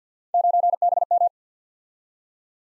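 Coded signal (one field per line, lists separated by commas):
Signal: Morse code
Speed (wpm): 47 wpm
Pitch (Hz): 700 Hz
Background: none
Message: 9BM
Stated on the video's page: Morse practice at 50 wpm: random three-character letter-number groups sent twice for head-copy.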